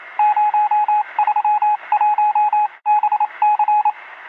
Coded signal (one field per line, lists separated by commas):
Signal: Morse code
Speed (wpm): 27 wpm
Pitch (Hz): 840 Hz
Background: radio noise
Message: 031BC